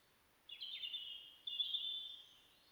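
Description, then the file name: European robin song, two sweet high warbled phrases, the first with quick descending flourishes, the second a steadier sustained trill. "Erithacus rubecula"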